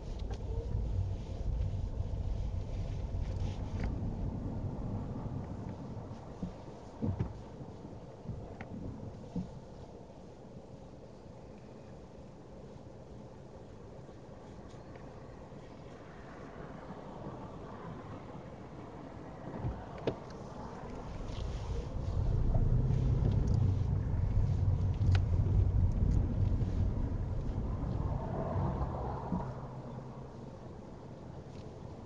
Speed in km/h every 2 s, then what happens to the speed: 6, 3, 0, 0, 0, 0, 0, 0, 0, 0, 8, 10, 6, 2, 0, 0.
3-18 standing. 18-21 pulls away to 10. 21-26 slows to 2. 26-32 standing.